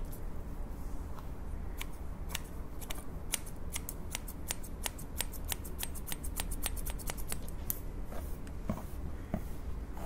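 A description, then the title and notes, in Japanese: Scissors cutting, heard as a series of short, crisp snips that start sparse and grow quicker and denser from about four to eight seconds, then thin out again. A steady low rumble runs underneath the whole time. (ASMR)ハサミでカット。ホワイトノイズよりの音となります。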